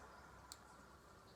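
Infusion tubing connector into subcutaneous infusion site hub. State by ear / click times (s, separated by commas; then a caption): seated / 0.5 s. An infusion tubing connector is lined up with the arrow on a subcutaneous infusion site hub and twisted until it seats. One sharp, short click sounds at 0.5 s over a quiet, steady background. The connector clicks into place.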